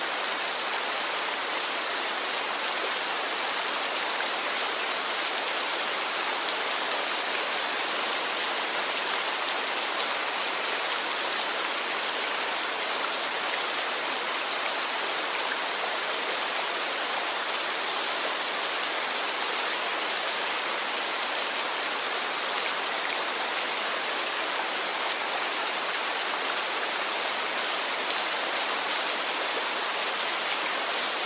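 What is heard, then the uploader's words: Water falls from a bonsai tree in a dense, continuous patter that blends into a steady, bright hiss, much like light rain. The sound stays even and unchanging throughout, close by, with almost no low rumble beneath it. Drops From a Bonsai Tree.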